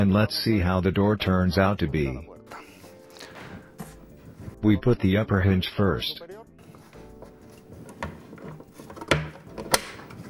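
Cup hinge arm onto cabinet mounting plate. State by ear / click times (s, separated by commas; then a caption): seated / 9.7 s. The upper concealed cup hinge arm of a cabinet door is pushed onto its mounting plate inside the cabinet while someone talks over background music. After a few light handling knocks, a sharp click is heard at 9.7 s as the hinge clips home, a signal that the door is properly placed.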